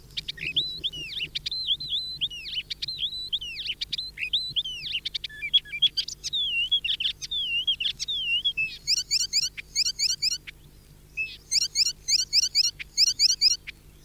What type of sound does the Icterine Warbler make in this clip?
song